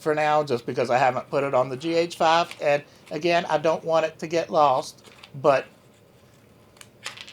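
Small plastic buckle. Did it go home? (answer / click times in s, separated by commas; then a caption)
yes / 6.8 s, 7.1 s. Someone talks, then a quick-release camera strap connector is pushed into its plastic strap anchor mount and snaps in. Sharp clicks are heard at 6.8 s and 7.1 s as the connector seats.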